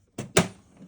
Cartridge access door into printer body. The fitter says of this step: yeah so there's some kind of click if you push it in hard um there's a click on